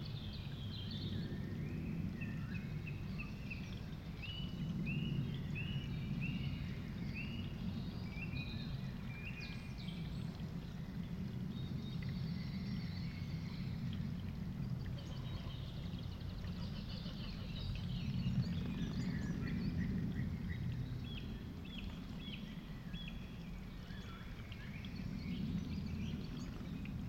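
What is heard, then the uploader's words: Wind moves steadily through an open landscape, a low rushing roar that swells and eases in slow gusts. Birds call and chirp throughout, with a cluster of short repeated notes in the first ten seconds. The soundview of this wide panoramic landscape changes with the wind.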